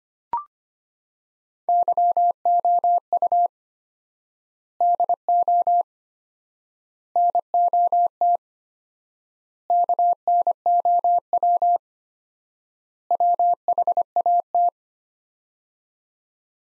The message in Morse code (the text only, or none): YOU DO NOT KNOW WHAT